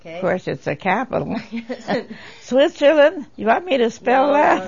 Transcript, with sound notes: Course it's a capital. (chuckles) Switzerland, you want me to spell that ha?